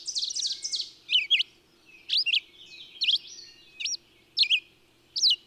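Bird singing: an opening burst of rapid high twitters, then separate looping whistled notes repeated roughly once a second.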